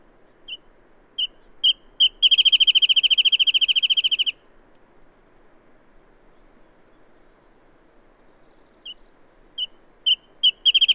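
Bird singing a series of spaced clear notes that speed up into a fast, steady trill lasting about two seconds, then silence before the spaced notes start again.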